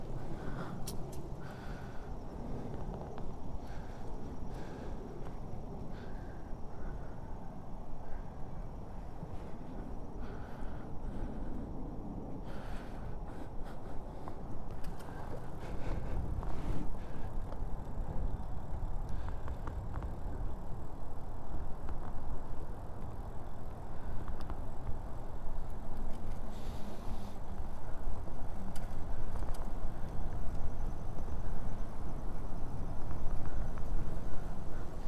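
A bike ride, with steady low road rumble and wind noise growing slightly louder, scattered clicks and rattles, and faint traffic passing.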